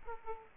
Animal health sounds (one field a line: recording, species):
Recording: mosquito wingbeat signal from an infrared sensor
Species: Aedes aegypti